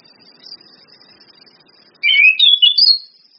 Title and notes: Anis Kembang 9. PANCINGAN anis kembang NGECIS NRATAK memanggil jantan. Masteran Anis Kembang